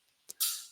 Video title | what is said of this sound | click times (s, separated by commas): Vulkan Lokring Application & R600a Safety | And you should hear it click when it's when it's uh when it's done. | 0.3 s